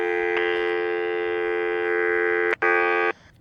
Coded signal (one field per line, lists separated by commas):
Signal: telephone call progress tone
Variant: North America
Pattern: dial tone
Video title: How to fix no dial tone on the telephone.